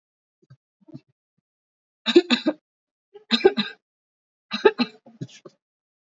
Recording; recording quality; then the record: heavy voluntary cough; excellent, no background noise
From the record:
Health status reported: recovered from COVID-19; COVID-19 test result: negative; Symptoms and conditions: cough, fever, muscle pain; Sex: female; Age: 36 years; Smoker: not ticked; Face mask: worn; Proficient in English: yes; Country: India